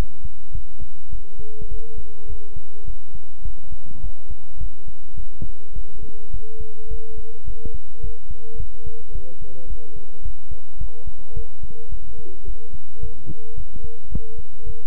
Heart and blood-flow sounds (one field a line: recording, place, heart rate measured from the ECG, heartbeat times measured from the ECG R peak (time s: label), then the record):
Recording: heart sounds by stethoscope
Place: between the tricuspid and mitral areas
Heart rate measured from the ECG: 106 bpm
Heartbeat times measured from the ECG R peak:
0.52 s: heartbeat
1.09 s: heartbeat
1.68 s: heartbeat
2.26 s: heartbeat
2.84 s: heartbeat
3.42 s: heartbeat
4.00 s: heartbeat
4.57 s: heartbeat
5.14 s: heartbeat
5.73 s: heartbeat
6.30 s: heartbeat
6.88 s: heartbeat
7.44 s: heartbeat
8.00 s: heartbeat
8.56 s: heartbeat
9.12 s: heartbeat
9.67 s: heartbeat
10.22 s: heartbeat
10.77 s: heartbeat
11.33 s: heartbeat
11.89 s: heartbeat
12.44 s: heartbeat
13.00 s: heartbeat
13.54 s: heartbeat
14.09 s: heartbeat
14.63 s: heartbeat
From the record:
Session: pedaling a stationary bicycle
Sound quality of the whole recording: good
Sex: male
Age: 24 years